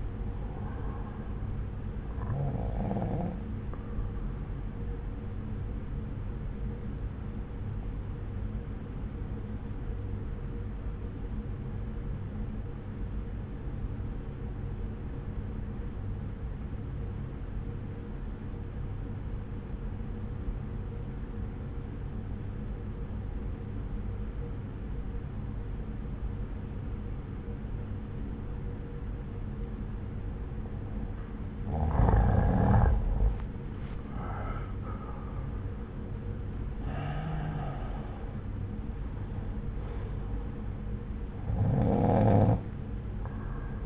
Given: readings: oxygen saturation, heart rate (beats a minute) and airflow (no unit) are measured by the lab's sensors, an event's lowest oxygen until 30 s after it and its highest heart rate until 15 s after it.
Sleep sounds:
breathing in sleep by a smartphone at the bedside; 1
8.00-33.80 s: obstructive apnea (N1, oxygen 94% highest, then 86% lowest)
From the record:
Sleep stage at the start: N1 (lightest sleep); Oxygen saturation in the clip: 89 to 94%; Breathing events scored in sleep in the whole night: 303 in 8.1 hours asleep

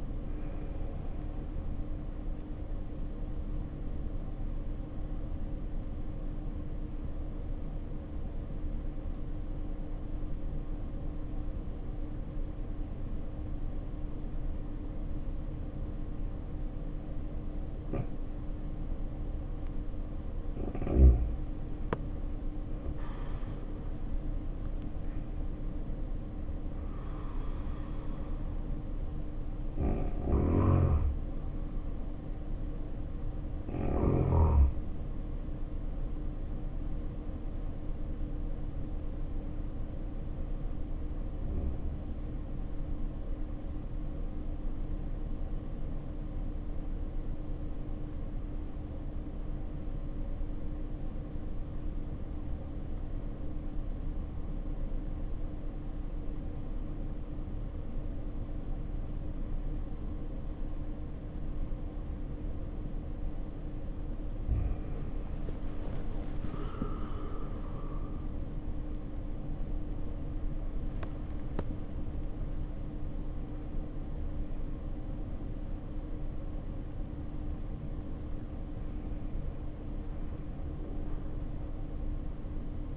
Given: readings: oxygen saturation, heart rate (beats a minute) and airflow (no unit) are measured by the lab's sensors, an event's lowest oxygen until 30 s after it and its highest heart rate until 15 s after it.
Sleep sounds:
breathing in sleep by a smartphone at the bedside; 2
9.00-21.00 s: obstructive apnea (REM, oxygen 72% highest, then 69% lowest, heart rate 55 at the start, 75 highest)
46.00-68.00 s: obstructive apnea (REM, oxygen 95% highest, then 73% lowest, heart rate 59 at the start, 82 highest)
From the record:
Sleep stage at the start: REM sleep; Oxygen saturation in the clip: 69 to 95%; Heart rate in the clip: 54 to 85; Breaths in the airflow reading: 7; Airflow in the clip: -8.7 to 9.5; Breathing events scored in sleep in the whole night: 520 in 7.2 hours asleep

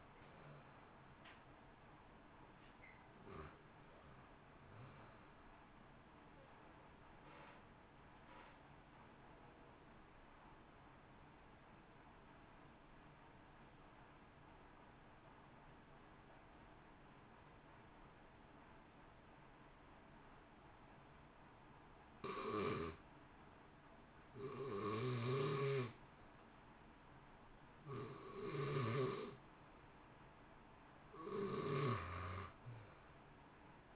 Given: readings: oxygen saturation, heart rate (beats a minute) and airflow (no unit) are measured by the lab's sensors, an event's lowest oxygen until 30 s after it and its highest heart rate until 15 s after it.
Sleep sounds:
breathing in sleep by a voice recorder at the bedside; 1
12.00-23.80 s: obstructive apnea (REM, oxygen 93% highest, then 91% lowest, heart rate 56 at the start, 66 highest)
From the record:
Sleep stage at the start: REM sleep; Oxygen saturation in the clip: 68 to 94%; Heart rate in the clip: 56 to 66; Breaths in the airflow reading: 7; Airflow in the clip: -0.8 to 1.4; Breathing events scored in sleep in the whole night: 328 in 6.3 hours asleep

